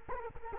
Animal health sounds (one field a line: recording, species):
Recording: mosquito wingbeat signal from an infrared sensor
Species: Culex quinquefasciatus